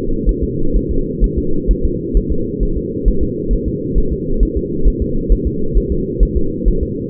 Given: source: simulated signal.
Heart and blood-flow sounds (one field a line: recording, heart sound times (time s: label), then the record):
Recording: fetal heart sounds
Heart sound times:
0.29 s: S1
0.43 s: S2
0.76 s: S1
0.91 s: S2
1.24 s: S1
1.38 s: S2
1.71 s: S1
1.85 s: S2
2.17 s: S1
2.32 s: S2
2.63 s: S1
2.78 s: S2
3.08 s: S1
3.23 s: S2
3.53 s: S1
3.68 s: S2
3.98 s: S1
4.13 s: S2
4.43 s: S1
4.57 s: S2
4.88 s: S1
5.02 s: S2
5.32 s: S1
5.47 s: S2
5.77 s: S1
5.92 s: S2
6.23 s: S1
6.37 s: S2
6.68 s: S1
6.83 s: S2
From the record:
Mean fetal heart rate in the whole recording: 130 bpm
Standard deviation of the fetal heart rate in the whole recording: 2 bpm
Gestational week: 36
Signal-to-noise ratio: -8.1 dB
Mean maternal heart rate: 72 bpm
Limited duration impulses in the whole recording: absent